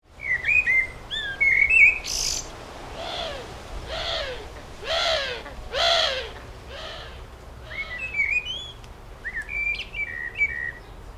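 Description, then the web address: Bird song of short whistled phrases, broken by a series of harsh, descending, harmonic calls about once a second, then more thin whistles. Birdsong recorded in a village garden. "Tom Hutchings Birdsong In A Village Garden"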